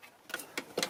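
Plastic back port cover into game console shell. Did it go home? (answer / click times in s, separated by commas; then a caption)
yes / 0.3 s, 0.8 s. A plastic back port cover of an Xbox 360 Slim console shell is pushed over the bottom shell piece until its clips snap in. Sharp plastic clicks are heard at 0.3 s and 0.8 s, with another short click at about 0.6 s in between. The cover is seated, clicked in on both sides.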